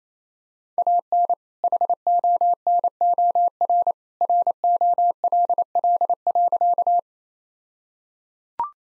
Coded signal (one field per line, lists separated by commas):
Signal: Morse code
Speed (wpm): 27 wpm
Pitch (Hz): 700 Hz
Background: none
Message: AN HONOR ROLL.